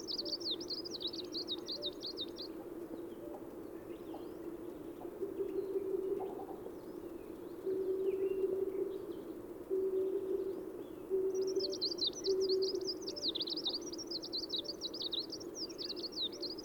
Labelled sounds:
Greenish Warbler song

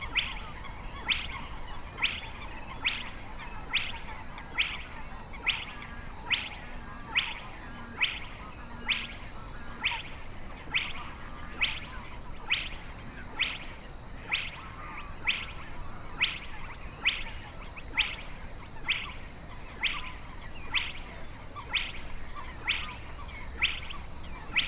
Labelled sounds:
Spotted Crake song

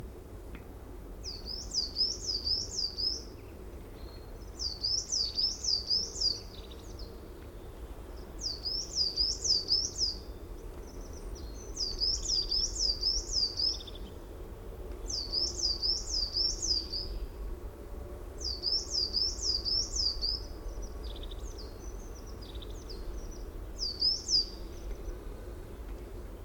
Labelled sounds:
Coal Tit song

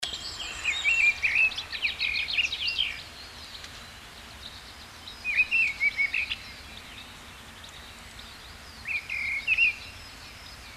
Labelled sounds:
Mistle Thrush song

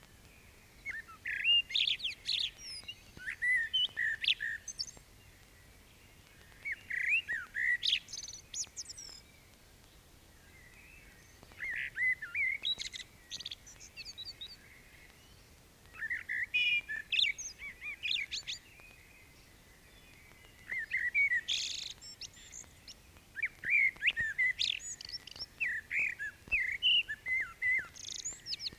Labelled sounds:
Common Blackbird song

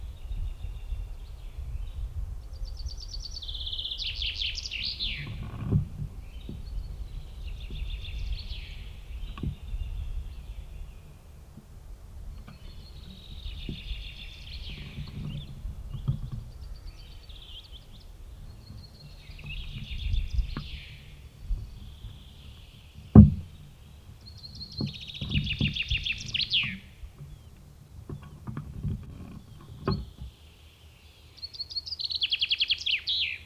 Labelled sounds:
Common Chaffinch song

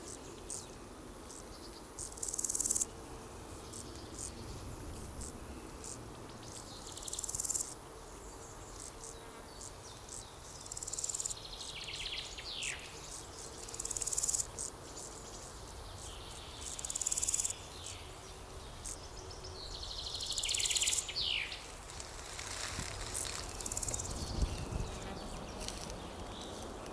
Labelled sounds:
Large Gold Grasshopper stridulation

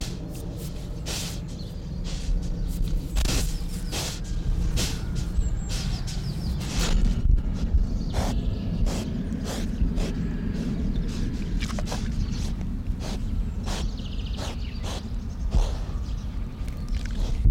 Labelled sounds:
Wild Boar

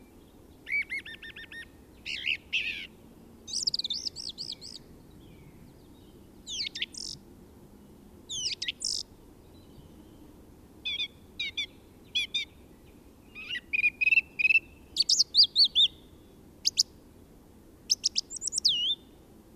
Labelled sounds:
Song Thrush song

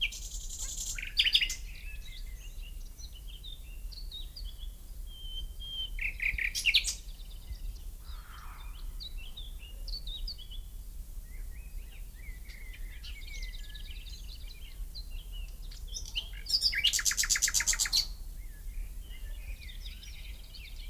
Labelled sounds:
Common Nightingale song

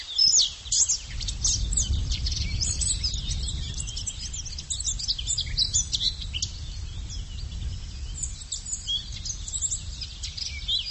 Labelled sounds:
Eurasian Blackcap song

